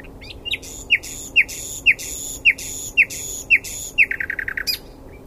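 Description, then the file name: Common nightingale song: a series of about seven loud, evenly spaced slurred notes roughly every half second, finishing with a quick stuttering trill. "Luscinia megarhynchos"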